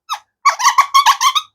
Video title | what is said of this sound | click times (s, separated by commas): Maison Alhambra Tobacco Touch Fragrance (TF TV Dupe) | It doesn't click onto place, but it doesn't feel very secure. | none